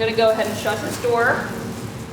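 Someone talks while a cat cage door is being shut by hand, with a low rustling, hissing background under the voice. The latch button on the door has not yet been pressed in, and nothing has clicked or seated yet.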